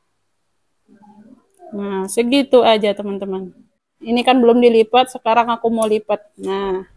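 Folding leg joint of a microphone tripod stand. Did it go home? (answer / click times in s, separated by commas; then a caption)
no / none. Someone talks while handling the folding leg joint of a small microphone tripod stand (tripod mic show A31), getting ready to fold its legs. The clip is mostly speech with faint handling sounds, and the plastic or metal leg joint has not yet locked or clicked into place.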